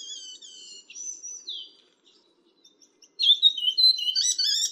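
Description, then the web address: Morrison's fulvetta song: thin high whistled notes, a short pause, then a brighter burst of quick warbled and rising whistles. Recorded at Yushan. "繡眼畫眉. Yushan"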